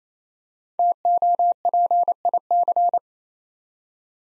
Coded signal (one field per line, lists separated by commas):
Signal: Morse code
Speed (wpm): 29 wpm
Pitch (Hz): 700 Hz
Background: none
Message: TOPIC